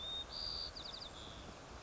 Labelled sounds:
White-crowned Sparrow
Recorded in Sonoma County, California

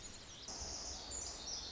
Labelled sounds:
Pacific Wren
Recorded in Sonoma County, California

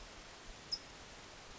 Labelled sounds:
California Towhee
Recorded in Sonoma County, California

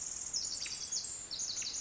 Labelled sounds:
Pacific Wren
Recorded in Sonoma County, California

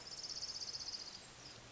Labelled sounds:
Orange-crowned Warbler
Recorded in Sonoma County, California

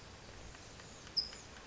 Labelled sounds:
California Towhee
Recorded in Sonoma County, California

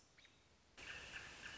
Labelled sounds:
American Robin
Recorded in Sonoma County, California

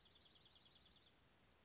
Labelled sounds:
Dark-eyed Junco
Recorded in Sonoma County, California

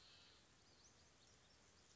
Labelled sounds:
Western Flycatcher
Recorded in Sonoma County, California

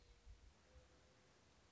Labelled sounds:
Mourning Dove
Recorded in Sonoma County, California

